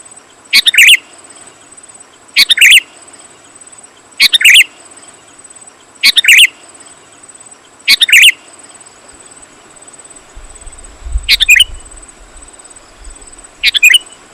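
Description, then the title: Sooty-headed bulbul giving a short bubbling phrase about every two seconds, then at longer gaps, with a thin steady high whine throughout. "kutilang"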